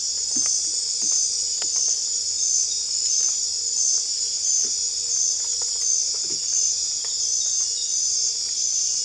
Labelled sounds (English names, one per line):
none